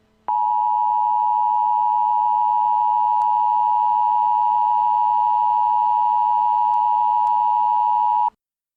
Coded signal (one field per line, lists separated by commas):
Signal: Emergency Alert System (SAME) tones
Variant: 853 and 960 Hz attention tone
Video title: Tropical Storm Warning: Middlesex, NJ 8/3/20 (Hurricane/Tropical Storm Isaias)